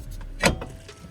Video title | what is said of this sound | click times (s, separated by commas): How to change C5 corvette Brake Rotors and Install Drilled and Slotted Rotors | this one's a little bit weird and hard to get on because of the E BR pads but it'll snap into place | 0.5 s